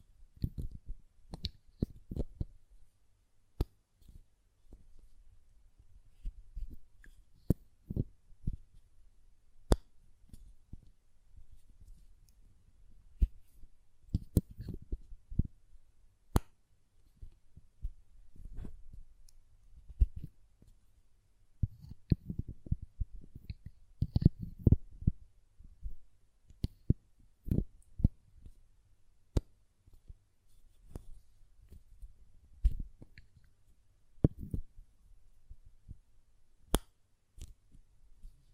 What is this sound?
Glass Perfume Bottle Tapping & Lid Sounds